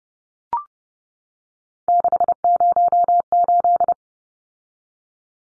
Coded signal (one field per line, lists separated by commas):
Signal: Morse code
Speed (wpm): 30 wpm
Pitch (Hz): 700 Hz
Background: none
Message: 608